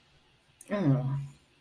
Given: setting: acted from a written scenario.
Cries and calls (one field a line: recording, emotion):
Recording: vocal sound without words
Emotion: contempt